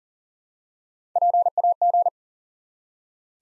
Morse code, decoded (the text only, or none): PAG